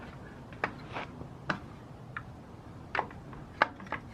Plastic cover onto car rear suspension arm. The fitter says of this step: Okay, if you remember correctly, there's a claw here and there's a claw here that snaps into place.